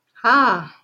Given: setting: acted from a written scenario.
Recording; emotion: vocal sound without words; interest